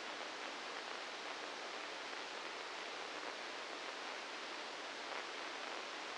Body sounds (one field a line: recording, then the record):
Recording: brain microelectrode recording played as sound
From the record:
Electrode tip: inside the subthalamic nucleus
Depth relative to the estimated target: -1 mm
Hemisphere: left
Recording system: NeuroSet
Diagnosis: Parkinson's disease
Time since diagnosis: 9 years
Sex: male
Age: 61 years